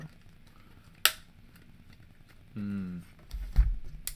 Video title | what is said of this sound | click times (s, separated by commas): Lego Ideas Pirates of Barracuda Bay (21322) - Part 1 | Satisfying snap into place there. | 4.1 s